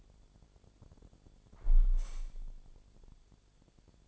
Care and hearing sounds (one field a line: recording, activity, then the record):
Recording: daily activity, microphone in the room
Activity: close window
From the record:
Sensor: 5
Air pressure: 1000.5 hPa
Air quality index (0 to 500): 145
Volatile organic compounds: 2 ppm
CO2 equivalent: 1113 ppm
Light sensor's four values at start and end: 41/97/41/44 and 41/98/41/44